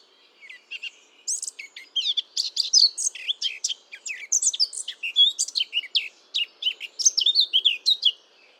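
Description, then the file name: Eurasian blackcap singing a sustained, hurried warble of chattering, squeaky and clear whistled notes with no real pauses. "Sylvia atricapilla"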